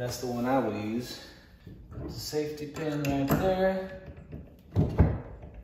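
Someone talks while a steel safety pin is pushed into the upright of a PRx Performance squat rack, with short thuds near the end of the clip. The pin is still being handled, and nothing has seated or clicked yet.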